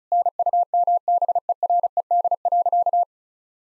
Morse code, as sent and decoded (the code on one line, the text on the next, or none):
-. ..- -- -... . .-. . -.. .-.-.-
NUMBERED.